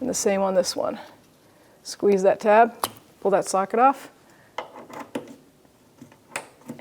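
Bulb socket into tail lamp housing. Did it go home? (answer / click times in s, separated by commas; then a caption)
yes / 6.4 s. Someone talks while squeezing a tab and pulling a bulb socket off an inner taillight assembly of a 2011-2021 Jeep Grand Cherokee, followed by a few sharp plastic clicks and taps as the socket is handled. The bulb socket is pushed back into the plastic tail lamp housing and seats with a click at 6.4 s.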